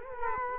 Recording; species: mosquito wingbeat signal from an infrared sensor; Culex quinquefasciatus